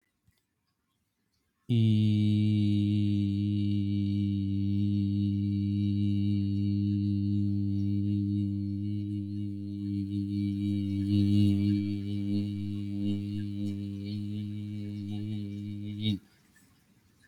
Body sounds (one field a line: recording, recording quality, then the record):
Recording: sustained vowel as in beet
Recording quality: excellent, no background noise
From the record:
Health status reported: healthy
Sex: male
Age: 34 years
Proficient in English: yes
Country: United States